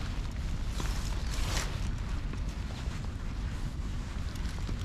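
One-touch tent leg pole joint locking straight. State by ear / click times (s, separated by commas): not seated / none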